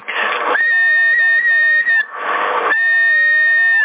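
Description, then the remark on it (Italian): Two wavering whistles come through a CB radio during a signal test between CB operators in Sassari in May 2020, each opening with a short burst of hissy static before the thin, warbling tone slides up and down and holds steady. “prova a fischiare”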